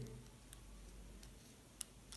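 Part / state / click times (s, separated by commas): cutter retainer in the shaver head / seated / 1.8 s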